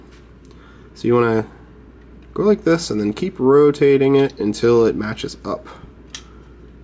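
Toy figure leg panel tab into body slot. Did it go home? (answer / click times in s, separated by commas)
yes / 6.2 s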